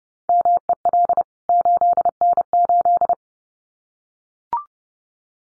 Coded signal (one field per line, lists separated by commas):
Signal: Morse code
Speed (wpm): 30 wpm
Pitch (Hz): 700 Hz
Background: none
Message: MEL 8N8